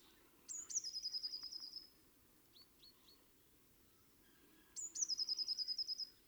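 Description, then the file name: Eurasian blue tit singing two high phrases of sharp notes followed by a quick trill, with three brief soft chips in between. "Cyanistes caeruleus"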